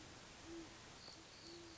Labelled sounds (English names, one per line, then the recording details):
Great Horned Owl
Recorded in Sonoma County, California